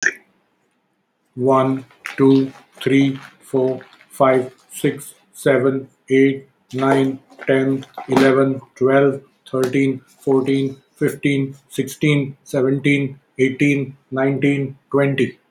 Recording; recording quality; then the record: counting at a normal pace; excellent, no background noise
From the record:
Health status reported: exposed to COVID-19, no respiratory illness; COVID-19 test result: negative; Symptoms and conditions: diabetes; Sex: male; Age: 50 years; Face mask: worn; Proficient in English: yes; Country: India